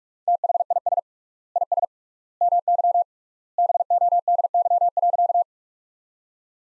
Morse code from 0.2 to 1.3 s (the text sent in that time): THIS